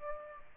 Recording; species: mosquito wingbeat signal from an infrared sensor; Aedes aegypti